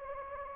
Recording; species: mosquito wingbeat signal from an infrared sensor; Anopheles gambiae